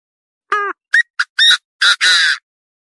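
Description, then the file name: Partridge calling in a harsh phrase: a nasal harmonic note, two short sharp notes, then raspy notes ending in a long grating squawk, with a quiet background. "Tieng ga go"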